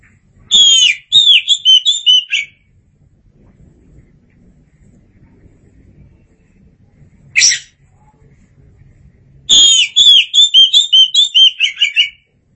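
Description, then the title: Oriental magpie-robin singing rich whistled phrases of rapid, warbling, slurred notes, broken by a harsh rasping note, then another long, quick whistled phrase. "Suara Kicauan Burung Kacer Durasi Panjang"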